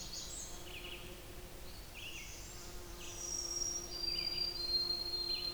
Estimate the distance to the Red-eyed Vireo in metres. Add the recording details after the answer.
about 80 m. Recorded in boreal forest in Alberta, Canada, on 20 June 2016 at 06:19. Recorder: SongMeter 3, array SBT-6-81. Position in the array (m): 129 m, 121 m